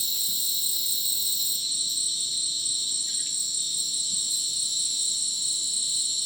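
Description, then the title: Crickets sustain a bright, constant high trilling. Insect chorus after sunset in dense rainforest, Madidi National Park, Ucumari, Bolivia; very high insect density; sounded like a polyrhythmic electronic concert; AT BP4029 microphone, MixPre 6 recorder. "Madidi National Park, Ucumari, Bolivia - Supersonic Crickets in the rainforest"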